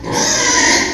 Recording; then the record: squeal of a Yucatan mini pig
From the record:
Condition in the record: before surgery on the right vocal fold (resection and tissue-engineered implant); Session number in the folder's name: 1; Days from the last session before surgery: -3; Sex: male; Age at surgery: 12 weeks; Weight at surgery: 13 kg